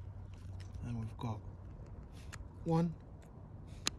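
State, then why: Seated. Someone talks while a twist-up eyecup on a GPO Passion HD binocular eyepiece is twisted up through its detent positions. A sharp, loud click is heard at 3.9 s as the eyecup locks into place with no issues.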